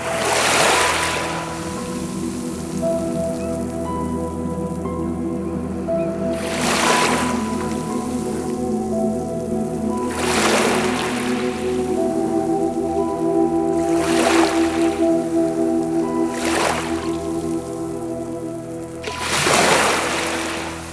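Water sounds, with bright rushing surges arriving about every three to four seconds over a steady, low mechanical hum and faint tones.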